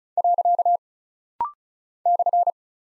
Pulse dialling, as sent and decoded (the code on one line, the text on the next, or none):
none